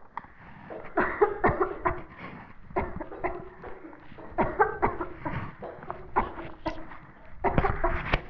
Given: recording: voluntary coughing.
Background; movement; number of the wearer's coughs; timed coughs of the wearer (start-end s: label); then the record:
a bystander coughing; sitting; 12
0.95-1.39 s: cough
1.41-1.69 s: cough
1.83-2.09 s: cough
2.74-3.10 s: cough
3.21-3.54 s: cough
4.36-4.74 s: cough
4.80-5.15 s: cough
5.24-5.46 s: cough
6.14-6.45 s: cough
6.64-6.90 s: cough
7.42-7.74 s: cough
7.81-8.00 s: cough
From the record:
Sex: female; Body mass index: 18.8 kg/m2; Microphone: on the chest, facing the body